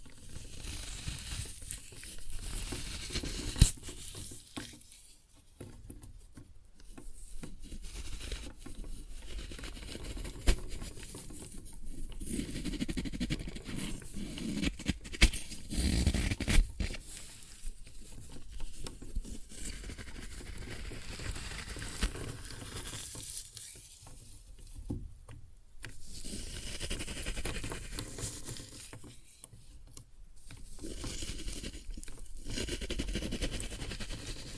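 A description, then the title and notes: Floral foam being crushed, a dense crackling and crumbling texture that comes in bursts separated by brief quieter gaps every few seconds. The crunching is bright and gritty, with occasional sharper snaps standing out, and a soft low rumble runs underneath. Floral Foam Glitter Bomb Crushing.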